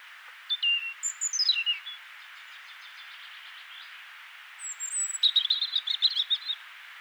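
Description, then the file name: European robin singing a falling high whistle sequence, a short pause, then a thin whistle leading into a quick jumbled trill, with steady faint hiss throughout. "Erithacus rubecula"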